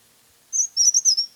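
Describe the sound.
Chestnut-headed tesia singing a very high, brief warbled phrase of a few quick twisting notes, clean with no background sound.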